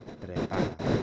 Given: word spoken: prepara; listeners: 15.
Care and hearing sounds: one Spanish word in noise, from a listening test; noise modulated by one talker; -7.8 dB; 2 of 15; 12 of 15; 0.63 s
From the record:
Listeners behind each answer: 12, 2, 1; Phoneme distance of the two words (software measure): 17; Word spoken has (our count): 3 syllables, 7 phonemes, stress on syllable 2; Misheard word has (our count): 2 syllables, 6 phonemes, stress on syllable 2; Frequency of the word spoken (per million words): 23.19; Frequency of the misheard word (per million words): 2.48

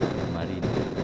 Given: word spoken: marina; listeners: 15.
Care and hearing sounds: one Spanish word in noise, from a listening test; noise modulated by three-talker babble; -5.1 dB; 3 of 15; 7 of 15; 0.64 s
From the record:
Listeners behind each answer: 7, 3, 3, 1, 1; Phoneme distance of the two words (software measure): 10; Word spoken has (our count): 3 syllables, 6 phonemes, stress on syllable 2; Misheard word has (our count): 3 syllables, 6 phonemes, stress on syllable 2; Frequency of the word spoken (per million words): 41.56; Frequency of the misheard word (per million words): 14.61

